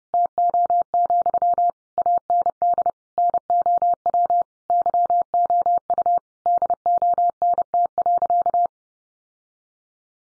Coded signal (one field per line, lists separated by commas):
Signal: Morse code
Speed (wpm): 30 wpm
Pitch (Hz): 700 Hz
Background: none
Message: TO, AND NOW YOU DONT.